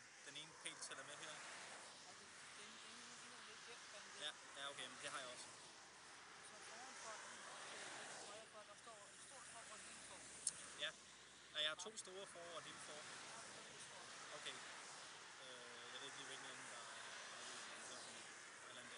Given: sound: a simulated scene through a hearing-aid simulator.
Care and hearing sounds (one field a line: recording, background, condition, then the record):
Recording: conversation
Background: traffic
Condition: -4 dB SNR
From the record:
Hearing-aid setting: standard clinical setting (NAL)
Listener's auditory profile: A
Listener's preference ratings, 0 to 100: 71, 44, 47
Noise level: 75 dB SPL